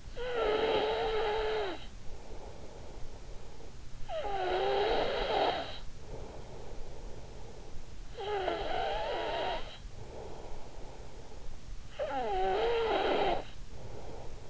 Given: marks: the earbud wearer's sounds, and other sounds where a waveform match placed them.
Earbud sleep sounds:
sounds in sleep by an in-ear microphone; snoring breath
0.00-3.77 s: snoring breath
3.88-14.50 s: snoring breath

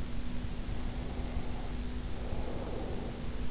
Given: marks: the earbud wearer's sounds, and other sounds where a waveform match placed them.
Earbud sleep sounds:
sounds in sleep by an in-ear microphone; breath
0.51-3.51 s: breath

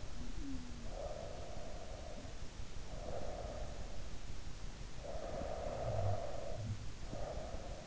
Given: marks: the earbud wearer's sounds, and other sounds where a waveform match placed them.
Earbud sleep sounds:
sounds in sleep by an in-ear microphone; breath, snoring breath
0.93-3.87 s: breath
4.93-7.87 s: snoring breath

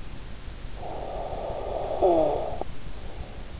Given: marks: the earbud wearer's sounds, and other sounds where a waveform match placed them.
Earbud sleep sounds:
sounds in sleep by an in-ear microphone; snoring breath
0.53-3.53 s: snoring breath

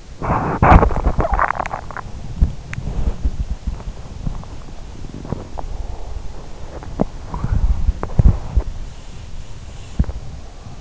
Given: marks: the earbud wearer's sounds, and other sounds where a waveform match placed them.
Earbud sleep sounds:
sounds in sleep by an in-ear microphone; teeth grinding, body movement
0.00-2.05 s: teeth grinding
2.24-10.81 s: body movement

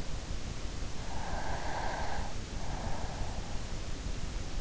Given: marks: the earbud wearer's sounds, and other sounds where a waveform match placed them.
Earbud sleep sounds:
sounds in sleep by an in-ear microphone; breath
0.98-3.55 s: breath

